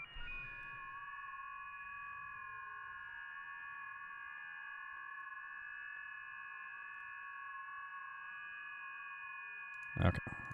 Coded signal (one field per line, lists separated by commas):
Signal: FT8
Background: speech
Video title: Sunday Afternoon Amatuer Radio